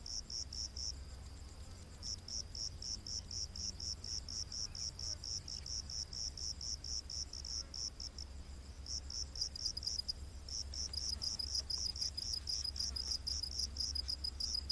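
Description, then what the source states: Cricket chirps in quick pulses, about two a second, pausing briefly near the middle, with a soft low rumble beneath. Rainforest at night.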